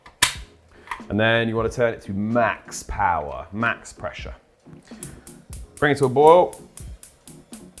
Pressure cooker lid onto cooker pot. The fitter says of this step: We hear the click.